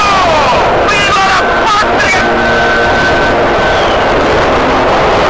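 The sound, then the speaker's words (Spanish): A pair of Argentine warplanes attacking two ships fly very low overhead in a loud, continuous wash of engine noise, with high whining tones sliding downward as they pass and a rumbling, turbulent low end throughout. “Un par de aviones atacaban a los dos buques.”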